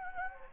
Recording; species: mosquito wingbeat signal from an infrared sensor; Anopheles gambiae